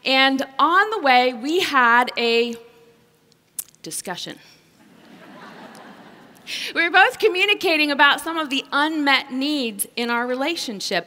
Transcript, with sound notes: And on the way we had a “discussion.” (laughter) We were both communicating about some of the unmet needs in our relationship.